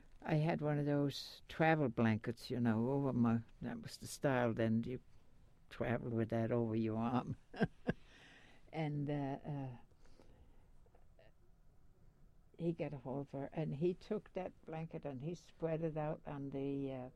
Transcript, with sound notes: I had one of those travel blankets, you know, over my, that was the style then. You travel with that over your arm. (she laughs) And he got a hold of her and he took that blanket and he spread it out on the